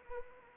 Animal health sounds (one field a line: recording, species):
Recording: mosquito wingbeat signal from an infrared sensor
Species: Anopheles arabiensis